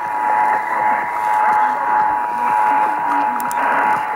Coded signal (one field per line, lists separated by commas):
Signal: Emergency Alert System (SAME) tones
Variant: 853 and 960 Hz attention tone